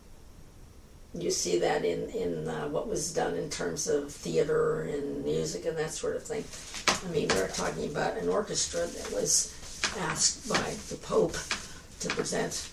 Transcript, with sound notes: you see that in - in the - what was done in terms of theatre and music and that sort of thing. [tapping noise] I mean, we're talking about an orchestra that was asked by the Pope to present